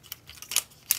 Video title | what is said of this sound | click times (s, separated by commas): Transformers Review: Fans Toys FT-41 Sheridan // P4L Reviews | can see it snap into place but again that plastic is a little bit suspect | 0.9 s